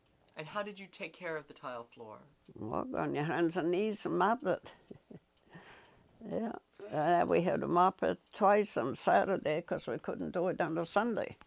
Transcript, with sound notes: And how did you take care of the tile floor?
Well, go on your hands and knees and mop it. [Chuckles] Yeah. We had to mop it twice on Saturday because we couldn't do it on a Sunday.